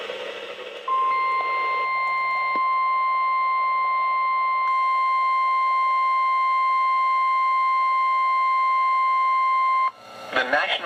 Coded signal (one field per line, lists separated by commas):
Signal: Emergency Alert System (SAME) tones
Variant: 1050 Hz attention tone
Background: speech